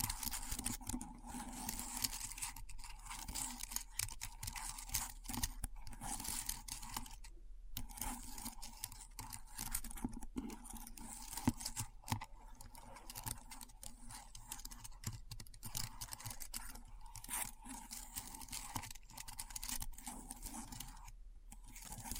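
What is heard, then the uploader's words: Keyboard typing in a dense and fairly steady stream of crisp clicks and clacks with no long breaks. Brief pauses fall around 7.5 seconds and near the end. A low hum sits underneath throughout. ASMR Keyboard Sounds (No Talking).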